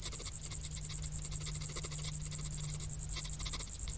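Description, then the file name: Shrill cricket pulses repeating rapidly and very regularly, over a low steady hum. "Grillen"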